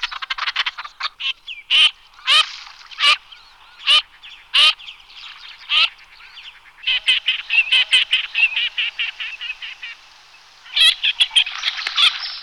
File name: Cirka obecna Anas crecca